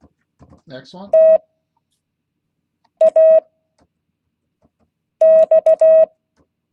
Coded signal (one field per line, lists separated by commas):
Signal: Morse code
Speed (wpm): 16 wpm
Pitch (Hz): 640 Hz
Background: speech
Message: TAX